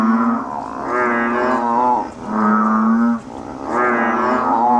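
Banded bullfrog calling: a few deep, mooing, droning calls with short pauses between them.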